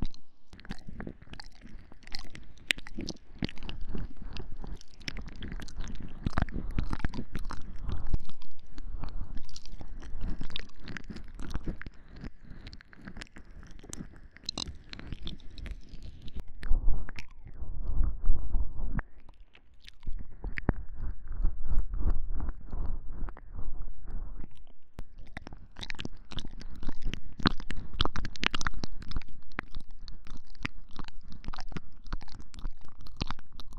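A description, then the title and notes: Close, wet ear-licking and mouth sounds fill the recording, a dense run of soft clicks, smacks and slurps that crowd the first fifteen seconds. Around seventeen to twenty-four seconds the sounds thin and turn muffled, with low rumbling, before the quick wet clicking returns. 我比較喜歡使用NT5舔耳的聲音.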